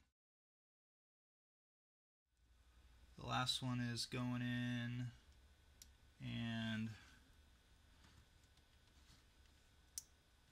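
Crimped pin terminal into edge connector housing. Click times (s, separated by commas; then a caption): 10.0 s. The last crimped pin terminal is pushed into the edge connector housing of an Atari Asteroids Deluxe Cabaret while someone talks. After a quiet stretch, a sharp click is heard at 10.0 s, and the terminal is confirmed seated.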